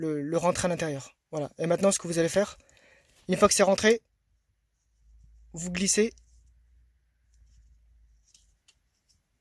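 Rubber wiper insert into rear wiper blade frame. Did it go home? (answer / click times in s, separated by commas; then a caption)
yes / 8.3 s, 8.7 s. A new rubber wiper insert with its metal stiffening rods is slid into the rear wiper blade frame of a Golf 5 while someone talks. After a quiet sliding pause, two soft clicks are heard at 8.4 s and 8.7 s as the insert locks properly into place.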